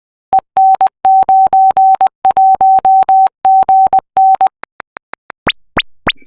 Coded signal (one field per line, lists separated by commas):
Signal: Morse code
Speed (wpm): 20 wpm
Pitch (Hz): 770 Hz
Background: none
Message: EN91GN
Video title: Solar Eclipse QSO Party Telecon (SEQP) - 27 April 2023